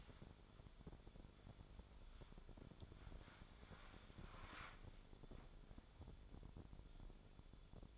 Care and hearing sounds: daily activity, microphone in the room; wipe stove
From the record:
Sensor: 5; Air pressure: 1015.2 hPa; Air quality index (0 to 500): 160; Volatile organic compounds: 5 ppm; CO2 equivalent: 1735 ppm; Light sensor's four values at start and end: 35/82/33/35 and 35/83/34/36

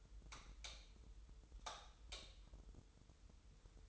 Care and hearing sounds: daily activity, microphone in the room; light off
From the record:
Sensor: 3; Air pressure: 988.4 hPa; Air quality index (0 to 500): 190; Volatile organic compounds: 255 ppm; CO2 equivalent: 4374 ppm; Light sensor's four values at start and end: 11/28/12/11 and 8/19/8/8

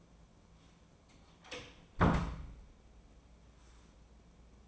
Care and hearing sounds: daily activity, microphone in the room; close door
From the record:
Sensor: 1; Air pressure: 1012.4 hPa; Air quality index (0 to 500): 163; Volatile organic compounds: 3 ppm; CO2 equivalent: 1337 ppm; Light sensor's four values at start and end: 814/1731/821/924 and 815/1734/822/925

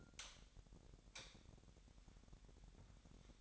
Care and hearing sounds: daily activity, microphone in the room; light off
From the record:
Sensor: 3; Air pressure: 1011.9 hPa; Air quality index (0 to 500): 232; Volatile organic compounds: 5 ppm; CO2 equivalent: 1724 ppm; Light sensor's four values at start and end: 16/41/17/17 and 14/33/14/14

